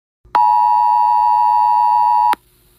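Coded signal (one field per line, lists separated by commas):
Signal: Emergency Alert System (SAME) tones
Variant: 853 and 960 Hz attention tone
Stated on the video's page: Wireless Emergency Alert tornado warning received on a phone.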